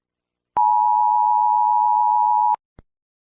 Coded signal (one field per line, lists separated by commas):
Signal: Emergency Alert System (SAME) tones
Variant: 853 and 960 Hz attention tone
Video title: EAS Scenario: Numberblocks: Part I￼